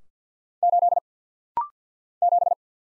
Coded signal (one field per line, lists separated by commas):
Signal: Morse code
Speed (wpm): 50 wpm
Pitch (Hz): 700 Hz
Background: none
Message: 8 7